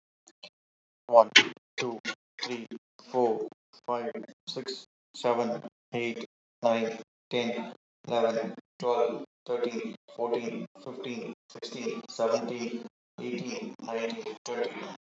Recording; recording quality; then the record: counting at a normal pace; excellent, no background noise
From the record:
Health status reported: healthy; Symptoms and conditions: none ticked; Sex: male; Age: 34 years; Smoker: not ticked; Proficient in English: yes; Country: India